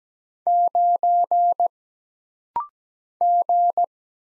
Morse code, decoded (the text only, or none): 9 G